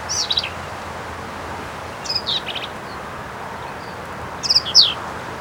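Black-capped vireo song in three brisk, high-pitched phrases of harsh, twisting notes, with brief pauses of about two seconds between them.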